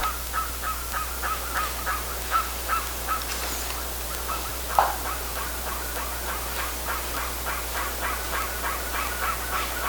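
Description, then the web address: Bird uttering a steady string of brief notes, several each second, with one sharp click near the middle and a hissing background. "BIRD 2015 SABIOD 50 bird 2015"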